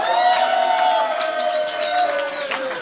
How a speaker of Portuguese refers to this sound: Pá, incrível esta participação especial de Luciana Parvalhota e Manuel João Vieira, que é o detentor aqui do Titanic Surmer. Uma salva de palmas para ele, pessoal!